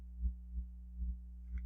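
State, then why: Not seated. A grooved steel pin is pushed into a Glock 17 pistol frame by hand. A steady low hum runs under a few soft, dull thumps, with a brief faint higher-pitched sound near the end. Nothing has seated or clicked into its groove yet.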